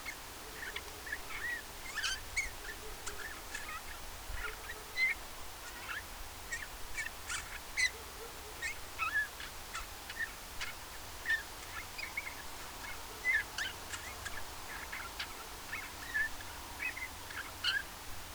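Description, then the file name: Eurasian bullfinch uttering soft, short whistles about every second or two throughout, with frequent snapping clicks and a steady low hiss. "Pyrrhula pyrrhula"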